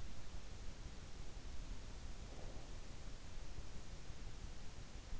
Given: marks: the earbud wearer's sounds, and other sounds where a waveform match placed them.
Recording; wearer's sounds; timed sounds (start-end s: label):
sounds in sleep by an in-ear microphone; breath
1.59-3.11 s: breath